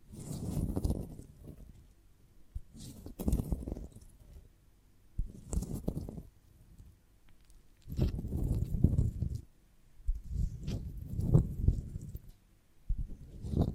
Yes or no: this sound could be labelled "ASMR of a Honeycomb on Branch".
yes